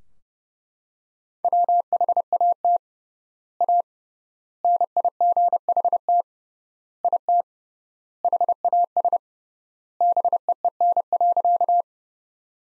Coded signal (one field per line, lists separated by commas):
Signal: Morse code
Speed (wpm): 30 wpm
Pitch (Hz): 700 Hz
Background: none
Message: WHAT A NIGHT IT HAS BEEN.